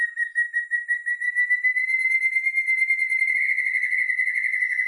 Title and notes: Masteran Pleci Nembak Kenari Bren Ciblek. Suara Pikat Burung Pilihan